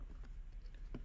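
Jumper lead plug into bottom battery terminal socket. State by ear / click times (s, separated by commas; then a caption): not seated / none. A jumper lead plug is handled at the bottom battery's terminal socket, giving faint, brief ticks and rustles at about 0.3, 0.8 and 0.9 s over a low steady background. The plug has not seated or clicked into the socket yet.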